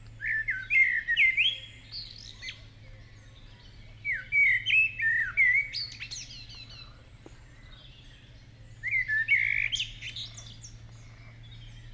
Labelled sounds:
Common Blackbird (Turdus merula) song
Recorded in the wild
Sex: male
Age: adult
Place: Schielleitn, Stubenbergsee, Steiermark, AT
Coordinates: 47.2302, 14.2536
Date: 1971-06-16
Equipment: Uher 4100 Report-V
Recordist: Brunner, Thomas
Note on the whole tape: Zwischen den beiden Deichen am Schloss Schielleitn aufgenommen

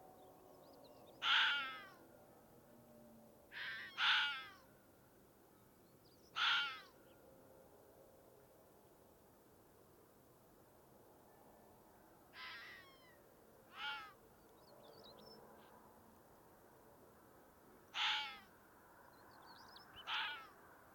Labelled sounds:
Red Fox (Vulpes vulpes) barking
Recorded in the wild
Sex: diverse
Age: adult
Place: Bernau bei Berlin, Barnim, Brandenburg, DE
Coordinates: 52.665, 13.628
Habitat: Field meadow
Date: 2023-04-23 20:00
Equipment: Sound Devices 702, Sennheiser MKH 415 T, Rhode Windschutz
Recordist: Frommolt, Karl-Heinz

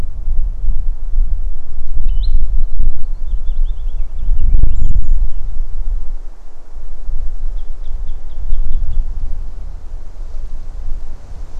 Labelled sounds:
Green Sandpiper (Tringa ochropus) call
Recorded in the wild
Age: adult
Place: Tschernaja Reka, Karelien, RU
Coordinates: 66.5353, 32.9856
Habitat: upland moor
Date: 1994-06-16 13:42
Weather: fair, 20°C
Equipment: Sony TCD-D3, Sennheiser ME 80, K 30 AV (I), Windschutz
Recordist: Frommolt, Karl-Heinz
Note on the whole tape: Weg nach Tschernaja Reka - Hochmoor: Rufe, Entfernung 50 - 60 m, Tier gesehen

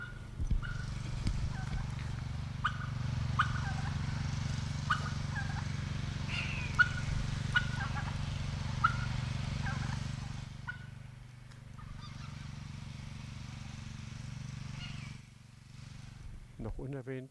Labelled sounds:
Long-legged Buzzard (Buteo rufinus)
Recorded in captivity
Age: adult
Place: Vogelpark Bad Rothenfelde, Niedersachsen, DE
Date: 1991-09-16
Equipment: Marantz, Sennheiser ME 80, Kopie Tesla B 116
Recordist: Tembrock, Günter

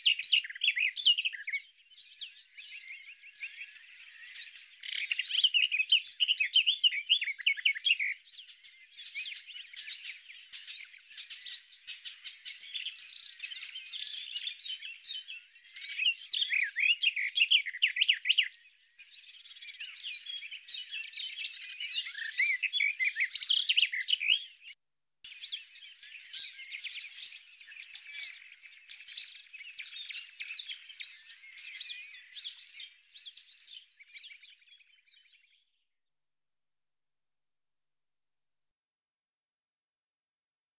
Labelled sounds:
Garden Warbler (Sylvia borin) song
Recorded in the wild
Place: Wasenweiler am Kaiserstuhl, Baden-Württemberg, DE
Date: 1997-05-19
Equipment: Dat-Recorder Casio DA 7, Telinga DAT, Telinga-Parabolspiegel
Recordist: Schwarz, Dieter
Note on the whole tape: Song

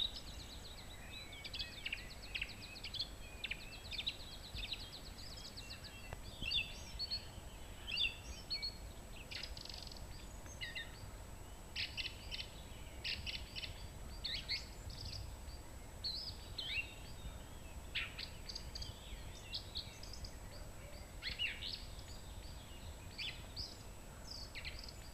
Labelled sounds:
Song Thrush (Turdus philomelos) song
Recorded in the wild
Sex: male
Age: adult
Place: Treffen am Ossiacher See, Ossiachersee, Kärnten, AT
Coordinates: 46.67, 13.942
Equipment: Hornyphon, Phillips Mikrofon
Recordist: Brunner, Thomas
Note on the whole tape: Frühjahr 1964, bei der Hansbauerfrat'n aufgenommen

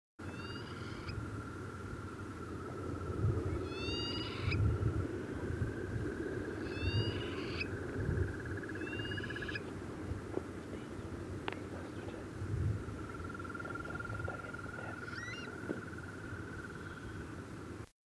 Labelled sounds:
Collared Pratincole (Glareola pratincola) song
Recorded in the wild
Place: Istria, Dobrogea, RO
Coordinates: 44.57, 28.712
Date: 1976-06-03
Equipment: Nagra III BH, Sennheiser MD 21
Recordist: Schubert, Michael
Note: Rotflügelbrachschwalbe am Nest, weiche, leise Einzelrufe

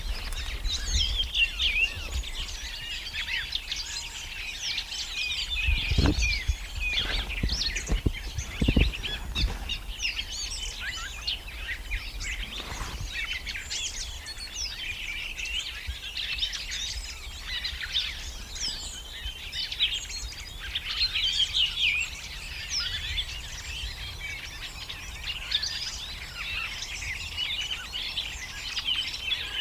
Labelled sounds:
Redwing (Turdus iliacus) song
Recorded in the wild
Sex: group
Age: adult
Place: Lüdersdorf, Barnim, Brandenburg, DE
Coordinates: 52.9222, 14.0772
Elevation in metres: 53
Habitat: copse
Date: 2006-04-13 19:24
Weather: overcast, 10°C, almost no wind
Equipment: Marantz PMD 671, Sennheiser MKH 70, Popschutz
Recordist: Frommolt, Karl-Heinz

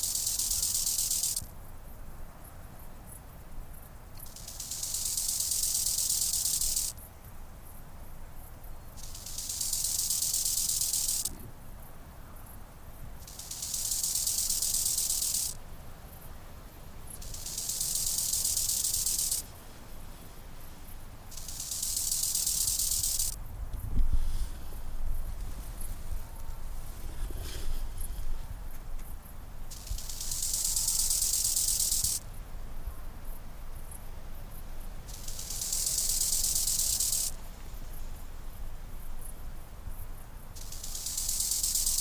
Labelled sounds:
Bow-winged Grasshopper (Chorthippus biguttulus) stridulation
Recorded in the wild
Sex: male
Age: imago
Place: Kloster, Insel Hiddensee, Mecklenburg-Vorpommern, DE
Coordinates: 54.5911, 13.1075
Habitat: meadow
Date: 2008-09-09 16:05
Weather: bedeckt, 20°C, schwacher Wind
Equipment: Sound Devices 702, Sennheiser MKH 70, Windkorb
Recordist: Frommolt, Karl-Heinz

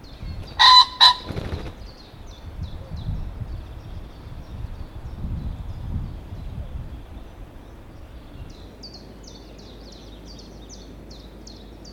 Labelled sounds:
Common Pheasant (Phasianus colchicus) call
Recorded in captivity
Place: Groß Nemerow, Mecklenburg-Vorpommern, DE
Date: 1982-05-03
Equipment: Nagra III BH, Sennheiser MD 21
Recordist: Schubert, Michael
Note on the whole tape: Zwei Fasanen: Männchen, Weibchen : leise, dumpfe Rufe, Flattersprünge, z. T. Lauf- und Trampelgeräusche des Männchen

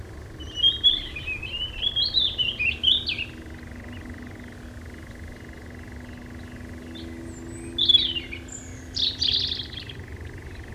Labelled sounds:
Eurasian Nightjar (Caprimulgus europaeus)
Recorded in the wild
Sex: male
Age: adult
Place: Oerlinghausen, Teutoburger Wald, Nordrhein-Westfalen, DE
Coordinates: 51.9667, 8.66667
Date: 1972-06-04
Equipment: Uher 4200 Report Stereo, Bändchenmikro Beyer M 260, Parabolspiegel Polyester (600 mm)
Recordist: Conrads, Klaus

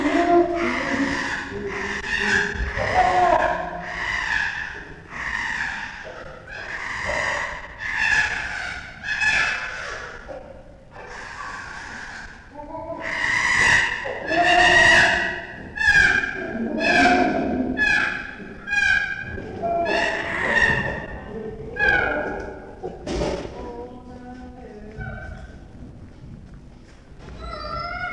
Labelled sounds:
Chimpanzee (Pan troglodytes)
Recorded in captivity
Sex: diverse
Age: adult
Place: Tierpark Berlin, Berlin, DE
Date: 1966-04-01
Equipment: Grundig TK 1 Luxus
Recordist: unbekannt, keine Angabe

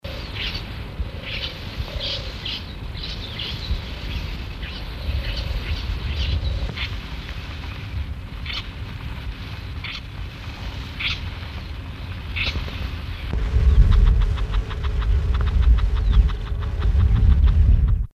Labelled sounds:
Lesser Grey Shrike (Lanius minor) call
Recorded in the wild
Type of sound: call
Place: Neusiedler See, AT
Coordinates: 47.865, 16.7776
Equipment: Halbspur, 9,5 cm/s
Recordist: Lütgens, Hans
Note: Rufe

